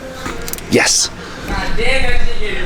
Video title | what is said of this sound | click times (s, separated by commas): Turbo Miata FINALLY starts thanks to CORVETTE part!! | As you guys can see, it clicked in right there. | 0.5 s